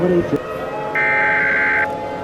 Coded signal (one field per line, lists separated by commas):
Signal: Emergency Alert System (SAME) tones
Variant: header bursts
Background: speech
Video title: Eas scenario #4 im not loving it